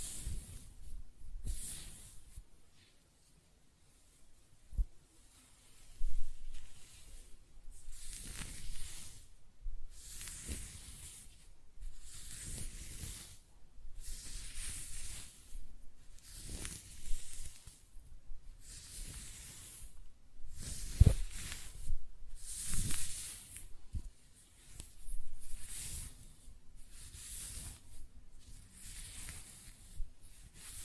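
Hair being brushed and stroked close-up, soft repeated hissing strokes about every second or two, with faint low rubbing thumps between them.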